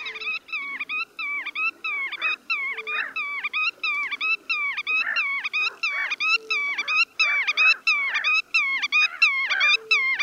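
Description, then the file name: Black-tailed godwits calling busily, nasal twanging notes tumbling over one another in a fast, overlapping series, with occasional lower short notes beneath. "Rycyk"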